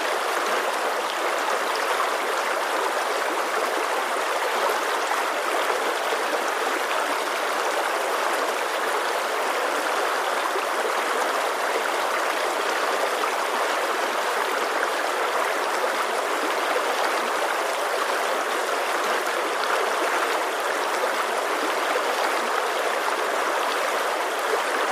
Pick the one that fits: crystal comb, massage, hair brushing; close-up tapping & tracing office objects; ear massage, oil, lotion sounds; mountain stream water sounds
mountain stream water sounds